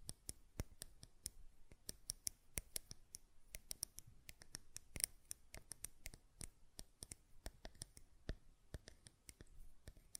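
Sharp little clicks and taps of a glass perfume bottle and its lid, irregular and fairly dense, some louder snaps standing out throughout.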